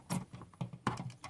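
A plastic quick-connect fitting on a fuel vapor line in the fuel system of a 2010-2012 Mercedes GLK 350 (X204), being repaired for a fuel smell with a full tank, is pushed on by hand. Soft handling knocks lead up to one sharp, loud click at 0.9 s, followed by a few quieter taps. The fitting is confirmed fully seated.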